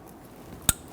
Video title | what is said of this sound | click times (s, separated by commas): How to Replace Intake Manifold 2011-2015 Kia Sorento | push them down. You can hear them click and engage. | 0.7 s